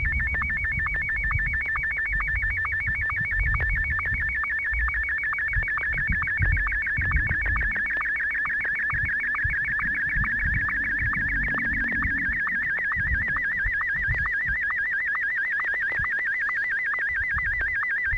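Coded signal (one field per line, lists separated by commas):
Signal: SSTV (slow-scan television)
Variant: Martin M1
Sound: continuous warbling whine between mid and high pitch, broken by rapid regular low ticks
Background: low rumble, FM radio noise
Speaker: in just one moment I'll be transmitting photograph and Martin one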